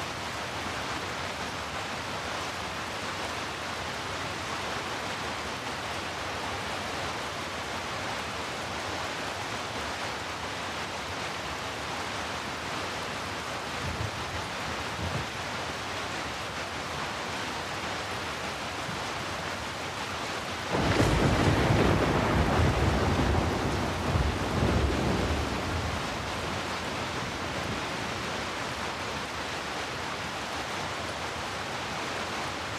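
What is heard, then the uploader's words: Heavy rain falls in a dense, steady hiss that fills the whole range from low rumble to bright top. Around 21 seconds it swells suddenly louder and fuller for several seconds, with a few heavier low thumps near 14 and 25 seconds, then settles back. Heavy Rain. Rainy night noises, rainy sounds, white noise. Soft rainfall.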